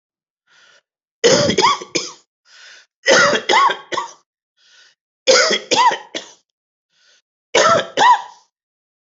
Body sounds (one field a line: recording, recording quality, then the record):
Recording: heavy voluntary cough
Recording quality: excellent, no background noise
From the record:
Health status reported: respiratory illness, not identified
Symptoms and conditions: asthma, hypertension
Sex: male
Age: 81 years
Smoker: not ticked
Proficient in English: yes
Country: India